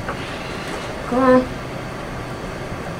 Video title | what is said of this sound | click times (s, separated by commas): WIN THIS Custom Gaming PC - The Build (Blunt-Panda PC Part 2) | doesn't click sound but I think that's about it | none